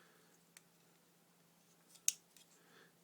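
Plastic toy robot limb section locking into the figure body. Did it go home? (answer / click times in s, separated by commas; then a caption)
yes / 2.1 s. A section of a plastic Generations Drift transforming robot figure is moved through its smooth motion during transformation and locks into position on the figure's body with a sharp, bright click at 2.1 s. Fainter ticks are heard at 0.6 s and 2.4 s over a steady low hum, and the part ends seated.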